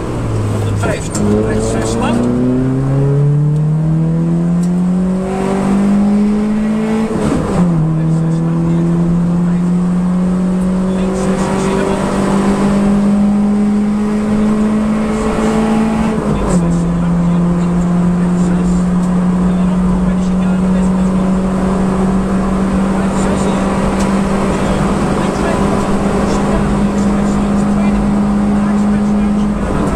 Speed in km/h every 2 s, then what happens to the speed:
48, 66, 85, 97, 109, 119, 128, 136, 141, 147, 152, 157, 161, 164, 165.
0-27 speeds up to 165.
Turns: none.